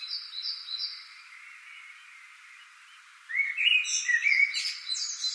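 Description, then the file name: Common blackbird giving a short, loud warbled phrase that slides around mid pitch then breaks into high twittering notes, after quiet high piping from another bird and steady background hiss. "Turdus merula"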